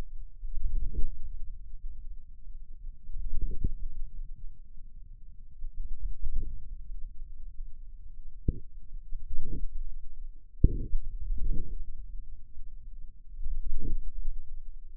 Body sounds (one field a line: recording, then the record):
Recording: forearm muscle sounds (acoustic myography)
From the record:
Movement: hand closing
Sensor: system 2, bracelet of six BSWA MPA416 microphones around the upper forearm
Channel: 6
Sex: male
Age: 22 years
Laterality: right